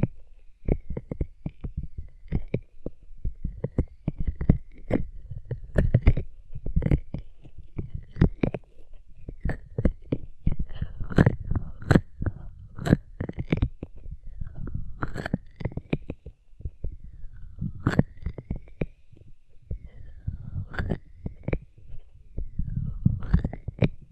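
Hands rub over the ears with no talking, producing dense, irregular rustling and muffled thumps that swell and fade continuously. Sharp crackles snap through every second or so, and a faint whistling tone rises and falls throughout, alongside deep low rumbles.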